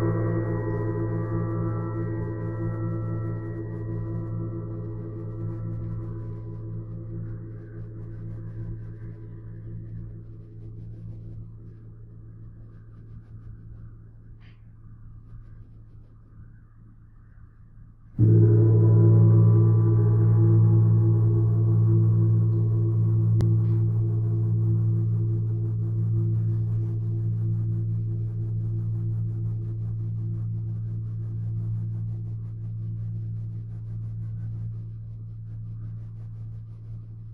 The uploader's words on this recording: Sound Therapy - Gong.